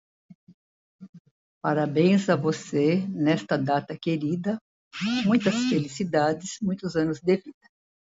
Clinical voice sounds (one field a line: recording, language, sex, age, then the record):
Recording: short text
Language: Brazilian Portuguese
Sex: female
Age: 70 to 79 years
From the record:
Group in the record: control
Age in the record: 70 years